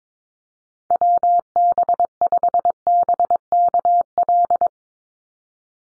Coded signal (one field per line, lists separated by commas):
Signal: Morse code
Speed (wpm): 22 wpm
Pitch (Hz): 700 Hz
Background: none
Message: WB5BKL